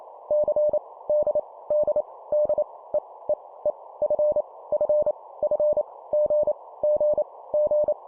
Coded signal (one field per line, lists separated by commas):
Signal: Morse code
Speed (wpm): 28 wpm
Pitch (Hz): 600 Hz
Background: none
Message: C D D D E E E F F F G G G